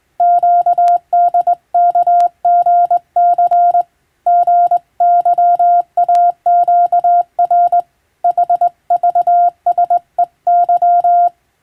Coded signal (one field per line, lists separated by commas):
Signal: Morse code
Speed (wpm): 20 wpm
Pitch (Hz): 700 Hz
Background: none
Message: QDKGC GYAQR HVSEY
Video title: 【無線通信士】懐かしいモールス通信、昭和はラジオでよく聞こえました。船と陸との唯一の通信手段、大変重要な無線通信でした。アマチュア無線の受信トレーニングにどうぞ morse code practice